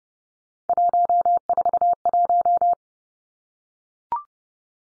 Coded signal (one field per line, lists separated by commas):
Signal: Morse code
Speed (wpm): 30 wpm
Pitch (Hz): 700 Hz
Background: none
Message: 141